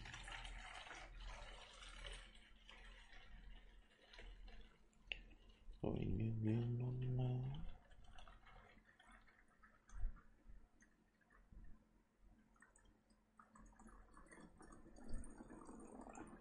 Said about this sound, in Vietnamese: Đợi mình chút, mình rót chút nước nữa.